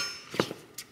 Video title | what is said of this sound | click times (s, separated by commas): Haltech VS Holley! Which EFI and WHY? | which they actually connect. You can hear a click and | 0.4 s